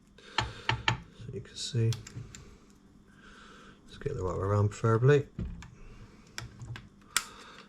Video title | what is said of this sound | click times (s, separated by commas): Iron Man Mark III Build - Episodes 43 & 44 with Full Base Assembly 🦾🦿 | As you can see, you just heard that click. | 7.2 s